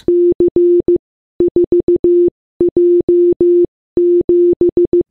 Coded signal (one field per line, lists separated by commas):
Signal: Morse code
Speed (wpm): 15 wpm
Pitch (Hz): 350 Hz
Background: none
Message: C4J7